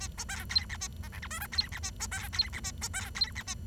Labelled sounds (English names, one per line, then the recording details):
Bengalese Finch song
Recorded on 23 June 2012 at 08:56
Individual gr41rd51